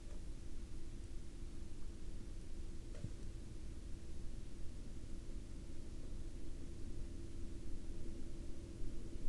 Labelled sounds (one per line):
man-made sound